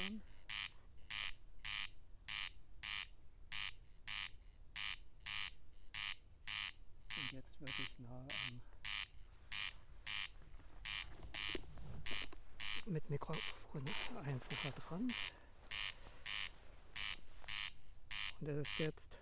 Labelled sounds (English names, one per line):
Corn Crake song